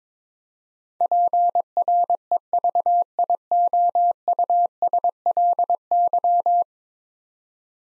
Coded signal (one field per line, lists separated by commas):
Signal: Morse code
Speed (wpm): 22 wpm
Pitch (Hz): 700 Hz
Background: none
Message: PREVIOUSLY